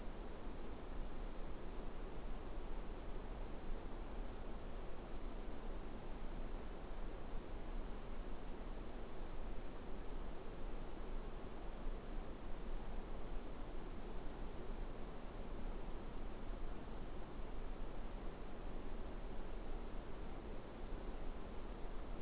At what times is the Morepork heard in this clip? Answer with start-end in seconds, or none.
none